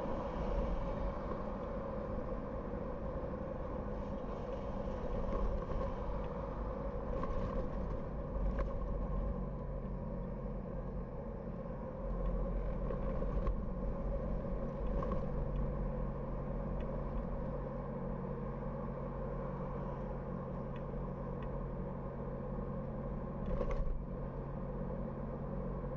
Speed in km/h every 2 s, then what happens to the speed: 55, 55, 56, 54, 53, 45, 45, 48, 49, 49, 48, 48, 48.
0-26 slows to 48.